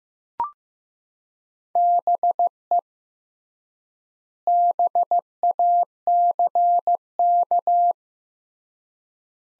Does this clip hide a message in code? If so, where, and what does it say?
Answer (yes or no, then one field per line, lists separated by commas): yes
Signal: Morse code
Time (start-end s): 1.8-7.9 s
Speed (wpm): 15 wpm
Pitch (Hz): 700 Hz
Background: none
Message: BE BACK